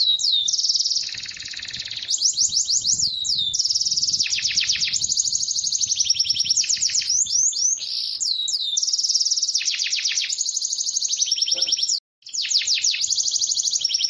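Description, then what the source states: Bird song, rich and nearly continuous, mixing rattling trills, fast whistled phrases and twisting notes, with one brief gap near the end. Described as a complete bird 'masteran' compilation.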